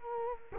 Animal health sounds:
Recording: mosquito wingbeat signal from an infrared sensor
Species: Culex quinquefasciatus

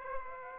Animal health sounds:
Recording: mosquito wingbeat signal from an infrared sensor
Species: Aedes aegypti

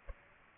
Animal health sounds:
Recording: mosquito wingbeat signal from an infrared sensor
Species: Aedes aegypti

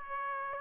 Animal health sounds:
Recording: mosquito wingbeat signal from an infrared sensor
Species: Aedes aegypti

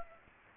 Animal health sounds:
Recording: mosquito wingbeat signal from an infrared sensor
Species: Aedes aegypti

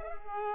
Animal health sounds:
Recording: mosquito wingbeat signal from an infrared sensor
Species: Culex pipiens

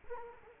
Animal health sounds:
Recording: mosquito wingbeat signal from an infrared sensor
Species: Culex quinquefasciatus

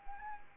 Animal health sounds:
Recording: mosquito wingbeat signal from an infrared sensor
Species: Anopheles arabiensis

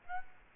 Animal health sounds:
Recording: mosquito wingbeat signal from an infrared sensor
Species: Aedes aegypti

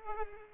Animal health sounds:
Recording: mosquito wingbeat signal from an infrared sensor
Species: Culex pipiens

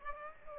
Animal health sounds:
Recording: mosquito wingbeat signal from an infrared sensor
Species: Aedes aegypti

